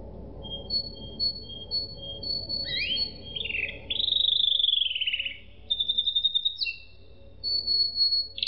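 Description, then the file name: Canary giving long steady whistles, then buzzy sliding rolls and rapid trilled bursts, over a low background rumble. "suara kenari makige"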